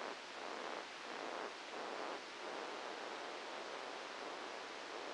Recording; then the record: brain microelectrode recording played as sound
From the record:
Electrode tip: outside the subthalamic nucleus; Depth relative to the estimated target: 2 mm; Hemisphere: left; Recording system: NeuroSet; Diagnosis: Parkinson's disease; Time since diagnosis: 19 years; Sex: female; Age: 69 years